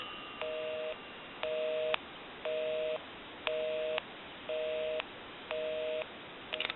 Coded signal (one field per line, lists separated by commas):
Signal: telephone call progress tone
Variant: North America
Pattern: busy tone